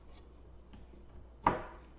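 Wooden alignment pegs on a PAC-MAN Home Arcade Deluxe cabinet panel are worked into the holes of the mating panel. Faint rubbing and a small tick at 0.7 s come before the panel drops home with a single sharp knock at 1.5 s. The pegs are then fully seated.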